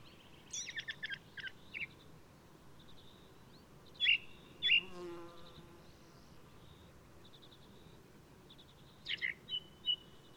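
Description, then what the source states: Ring ouzel song of rasping, chattery notes mixed with ringing piped phrases, softer throughout, with pauses between bursts. Singing male of the alpine subspecies alpestris, recorded 22 May 2018 at Důl Bílého Labe in the Krkonoše mountains, Czech Republic.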